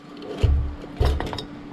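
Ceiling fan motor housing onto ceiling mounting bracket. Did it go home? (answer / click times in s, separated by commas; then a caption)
no / none. A ceiling fan motor housing is raised and its notch lined up with the top of the ceiling mounting bracket, giving low, muffled handling bumps near 0.4 s and 1.0 s and a few faint short ticks around 1.2 to 1.4 s. The housing has not seated or locked onto the bracket yet.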